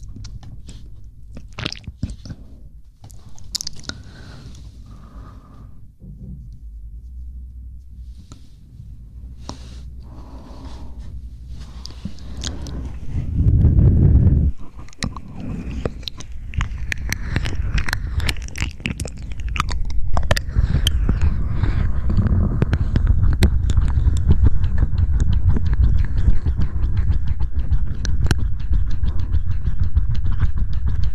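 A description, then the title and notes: Close mouth sounds: wet clicks and smacks, sparse and scattered for the first dozen seconds. Around 14 seconds a low thump and rumble comes in, and from about 20 seconds the clicking turns dense, crackly and louder, like steady chewing and crunching. ASMR Close Mouth Sounds.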